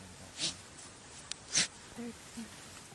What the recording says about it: The sounds that they make are unvoiced, kind of like sneezes. So sneezes really only happened in those rally events that I was observing. African wild dogs are incredibly social animals. They try to recruit other pack members to stop resting and sleepin.